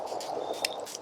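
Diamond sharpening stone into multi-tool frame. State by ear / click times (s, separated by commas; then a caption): seated / 0.7 s. A small diamond-impregnated sharpening stone is pushed back into its slot on the metal frame of a Leatherman Signal multi-tool, over a steady low hiss. A sharp click at 0.65 s marks it snapping on, with a smaller click at 0.95 s. The stone is seated and locked in place.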